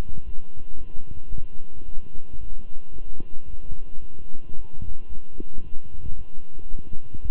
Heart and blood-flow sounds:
heart sounds by stethoscope; between the tricuspid and mitral areas; 112 bpm
0.25 s: heartbeat
0.77 s: heartbeat
1.30 s: heartbeat
1.85 s: heartbeat
2.39 s: heartbeat
2.92 s: heartbeat
3.46 s: heartbeat
4.00 s: heartbeat
4.55 s: heartbeat
5.09 s: heartbeat
5.63 s: heartbeat
6.17 s: heartbeat
6.70 s: heartbeat
7.22 s: heartbeat
From the record:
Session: walking at 3.7 km/h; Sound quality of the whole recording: good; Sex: male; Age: 23 years

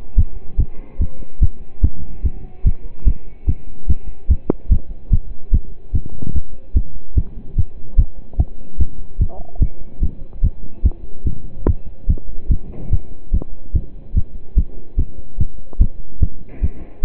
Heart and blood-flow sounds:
heart sounds by stethoscope; between the tricuspid and mitral areas; 146 bpm
0.17 s: heartbeat
0.59 s: heartbeat
1.00 s: heartbeat
1.41 s: heartbeat
1.83 s: heartbeat
2.24 s: heartbeat
2.65 s: heartbeat
3.06 s: heartbeat
3.47 s: heartbeat
3.88 s: heartbeat
4.29 s: heartbeat
4.71 s: heartbeat
5.11 s: heartbeat
5.53 s: heartbeat
5.94 s: heartbeat
6.34 s: heartbeat
6.75 s: heartbeat
7.17 s: heartbeat
7.57 s: heartbeat
7.98 s: heartbeat
8.38 s: heartbeat
8.79 s: heartbeat
9.20 s: heartbeat
9.61 s: heartbeat
10.02 s: heartbeat
10.43 s: heartbeat
10.84 s: heartbeat
11.25 s: heartbeat
11.67 s: heartbeat
12.08 s: heartbeat
12.50 s: heartbeat
12.91 s: heartbeat
13.33 s: heartbeat
13.74 s: heartbeat
14.15 s: heartbeat
14.57 s: heartbeat
14.98 s: heartbeat
15.39 s: heartbeat
15.80 s: heartbeat
16.21 s: heartbeat
16.62 s: heartbeat
17.03 s: heartbeat
From the record:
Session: pedaling a stationary bicycle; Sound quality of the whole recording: partially saturated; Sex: male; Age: 27 years

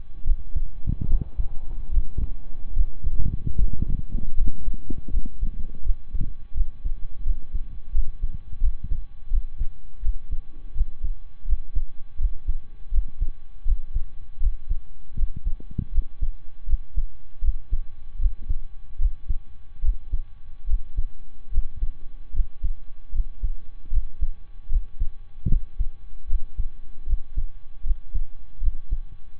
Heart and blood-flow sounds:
heart sounds by stethoscope; between the tricuspid and mitral areas; 78 bpm
0.21 s: heartbeat
1.04 s: heartbeat
1.88 s: heartbeat
2.71 s: heartbeat
3.53 s: heartbeat
4.32 s: heartbeat
5.08 s: heartbeat
5.80 s: heartbeat
6.51 s: heartbeat
7.21 s: heartbeat
7.89 s: heartbeat
8.58 s: heartbeat
9.28 s: heartbeat
9.99 s: heartbeat
10.71 s: heartbeat
11.43 s: heartbeat
12.15 s: heartbeat
12.88 s: heartbeat
13.62 s: heartbeat
14.37 s: heartbeat
15.13 s: heartbeat
15.89 s: heartbeat
16.64 s: heartbeat
17.39 s: heartbeat
18.16 s: heartbeat
18.96 s: heartbeat
19.79 s: heartbeat
20.64 s: heartbeat
21.48 s: heartbeat
22.30 s: heartbeat
23.09 s: heartbeat
23.88 s: heartbeat
24.66 s: heartbeat
25.46 s: heartbeat
26.25 s: heartbeat
27.03 s: heartbeat
27.81 s: heartbeat
28.57 s: heartbeat
29.36 s: heartbeat
From the record:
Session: slow and fast walking with breaks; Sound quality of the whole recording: saturated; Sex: male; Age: 25 years

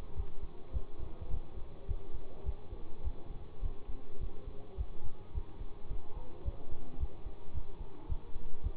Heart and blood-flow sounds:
heart sounds by stethoscope; between the tricuspid and mitral areas; 106 bpm
0.16 s: heartbeat
0.72 s: heartbeat
1.30 s: heartbeat
1.87 s: heartbeat
2.45 s: heartbeat
3.03 s: heartbeat
3.62 s: heartbeat
4.20 s: heartbeat
4.77 s: heartbeat
5.33 s: heartbeat
5.89 s: heartbeat
6.44 s: heartbeat
6.99 s: heartbeat
7.54 s: heartbeat
8.08 s: heartbeat
8.62 s: heartbeat
From the record:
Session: bicycle stress test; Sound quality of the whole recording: good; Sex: male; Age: 24 years

